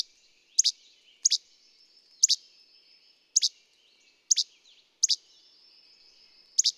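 Bird calling with piercing double chirps roughly once a second, with a faint buzzy trill running between them.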